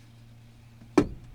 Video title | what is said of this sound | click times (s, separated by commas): How To Replace Mazda CX-30 Cabin Air Filter | guess it kind of popped in at the same time but uh now you're just going to go ahead and take your little cover make sure you get these four tabs | 1.0 s